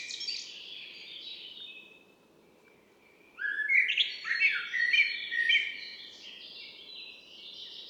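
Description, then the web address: Common blackbird song: a burst of varied whistled and warbled phrases, with a brief high twittery start, then a louder run of fluting notes and higher twitters. "Mirlo común"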